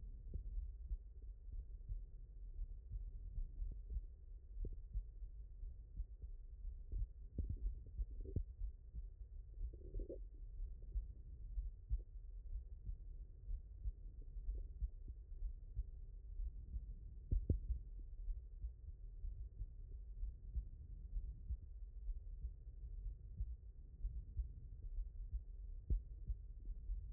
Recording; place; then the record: heart sounds by stethoscope; mitral valve (MV)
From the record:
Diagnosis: non-HFrEF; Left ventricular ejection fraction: 52%